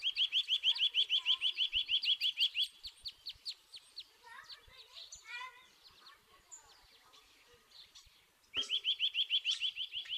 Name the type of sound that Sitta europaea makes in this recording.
song